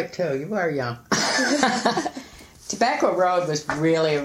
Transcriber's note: laughs